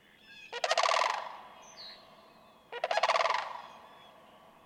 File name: Sandhill Crane